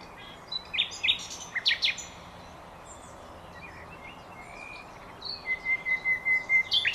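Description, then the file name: Common nightingale song: a few sharp varied notes, a pause with soft whistles, then a held whistle with a series of loud repeated notes. "Luscinia megarhynchos"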